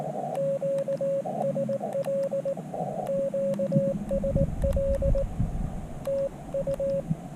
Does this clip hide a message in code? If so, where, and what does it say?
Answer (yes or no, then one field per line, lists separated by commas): yes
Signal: Morse code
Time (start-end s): 0.4-7.0 s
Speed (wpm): 19 wpm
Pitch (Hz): 550 Hz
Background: radio noise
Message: QSL QSL TU